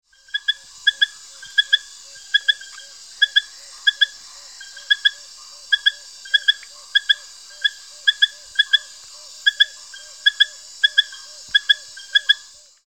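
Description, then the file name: Brilliant-thighed poison frog calling: short chirped notes in quick pairs, repeated steadily, over a constant high background hum. "Allobates femoralis"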